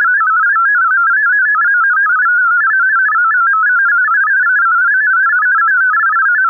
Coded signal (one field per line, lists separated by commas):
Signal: multi-tone FSK (Olivia or MFSK type)